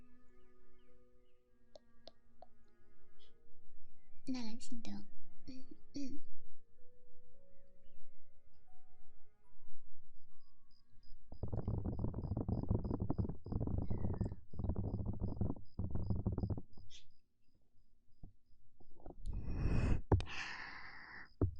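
Ear eating ASMR: soft wet mouth clicks and smacks come in scattered bursts, clustered around four to six seconds and again near twenty. A thick, crackling rustle fills roughly eleven to seventeen seconds, with faint tones and a high chirping in between.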